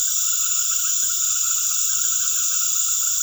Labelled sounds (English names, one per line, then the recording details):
none
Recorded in secondary vegetation near Puerto Asís, Putumayo, Colombia, on 20 February 2024 at 19:00
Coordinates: 0.500, -76.326
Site G6428